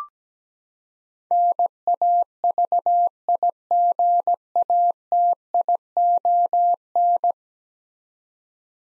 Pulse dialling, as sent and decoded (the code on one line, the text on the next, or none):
none